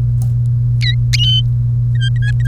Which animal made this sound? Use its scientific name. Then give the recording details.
Serinus canaria. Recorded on 1 May 2018 at 11:30. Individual llb3